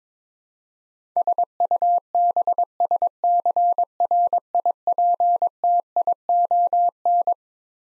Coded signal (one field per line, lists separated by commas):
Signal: Morse code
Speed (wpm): 22 wpm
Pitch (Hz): 700 Hz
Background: none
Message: SUBSCRIPTION